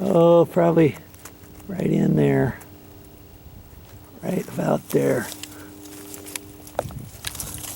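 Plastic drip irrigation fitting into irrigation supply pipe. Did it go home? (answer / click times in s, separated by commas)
yes / 6.8 s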